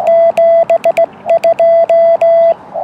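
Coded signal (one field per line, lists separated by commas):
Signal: Morse code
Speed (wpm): 17 wpm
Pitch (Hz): 670 Hz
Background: none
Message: 72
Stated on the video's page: 2xQRP CW contact on 40m using a YouKits mono-band transceiver and tri-band linked dipole, operated outdoors portable in rain.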